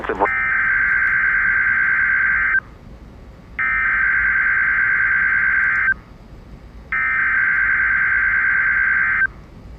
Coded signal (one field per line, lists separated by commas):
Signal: Emergency Alert System (SAME) tones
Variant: header bursts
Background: speech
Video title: EAS Alert #199: Severe Thunderstorm Watch 524 in Indiana (Jul 20, 2023)